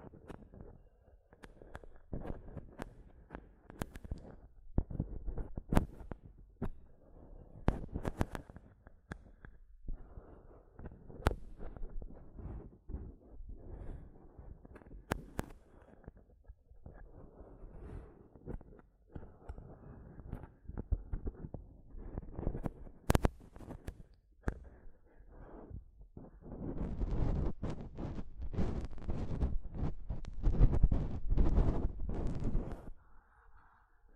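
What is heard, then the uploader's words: Mic tapping and scratching, with sharp taps and clicks scattered irregularly over a low, rumbling rustle. Around the middle a single bright snap stands out. From about 26 seconds the scratching grows denser and louder, a rough, hissy scraping that carries to the end. ASMR Mic Tapping and Scratching (No Talking).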